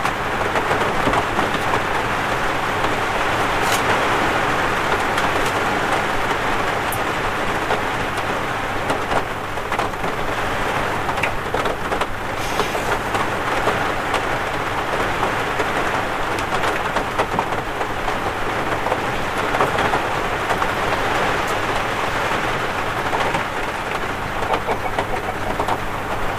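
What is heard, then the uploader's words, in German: Thick raindrops fall in a dense, steady patter, a constant hiss of rain with countless small impacts spread across the whole clip. A low rumble runs underneath throughout, and a few sharper, brighter splashes stand out, around four seconds and near twelve seconds. Beruhigende Geräusche von dicken Tropfen.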